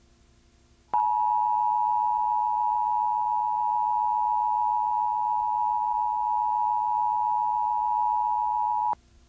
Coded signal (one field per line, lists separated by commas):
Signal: Emergency Alert System (SAME) tones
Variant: 853 and 960 Hz attention tone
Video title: Comcast Emergency Alert System - Maryland Required Monthly Test (May 31, 2023)